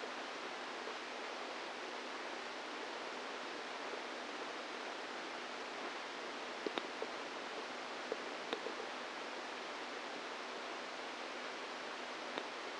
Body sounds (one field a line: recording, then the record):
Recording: brain microelectrode recording played as sound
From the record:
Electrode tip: inside the subthalamic nucleus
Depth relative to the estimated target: -1 mm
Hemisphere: right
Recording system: NeuroSet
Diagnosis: Parkinson's disease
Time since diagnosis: 10 years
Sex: female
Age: 45 years